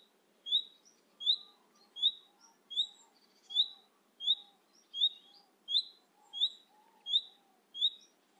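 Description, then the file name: Common nightingale calls: a clear high note repeated steadily, about every 0.7 seconds. "Luscinia megarhynchos"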